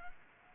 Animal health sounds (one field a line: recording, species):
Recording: mosquito wingbeat signal from an infrared sensor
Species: Aedes albopictus